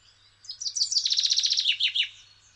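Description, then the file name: Common chaffinch song: a fast series of bright, repeated notes falling into a descending trill and ending in a short flourish, about one and a half seconds long. "Fringilla coelebs"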